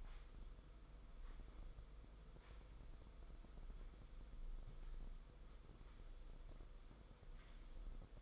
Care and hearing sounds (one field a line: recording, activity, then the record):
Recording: daily activity, microphone in the room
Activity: sweep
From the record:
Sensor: 5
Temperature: 22.3 degrees Celsius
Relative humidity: 52.2%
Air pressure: 990.7 hPa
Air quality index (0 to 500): 163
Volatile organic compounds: 287 ppm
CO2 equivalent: 4452 ppm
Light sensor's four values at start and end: 42/129/49/53 and 42/129/49/53